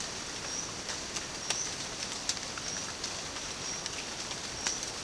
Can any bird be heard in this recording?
no